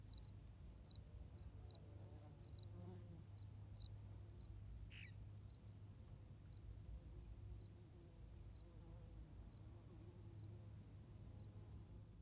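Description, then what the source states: Cricket giving short high chirps, spaced irregularly about every half second to second, against a low steady rumble. Recorded in strong wind, with the cricket standing out clearly.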